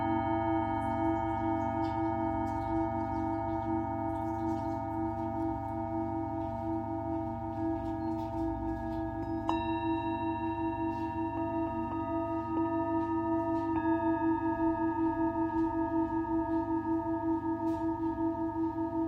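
A Tibetan singing bowl rings with a steady, sustained hum, its layered tones holding evenly throughout. A low droning undertone pulses gently beneath, and around nine and a half seconds a bright new ring joins in, lingering to about fourteen seconds.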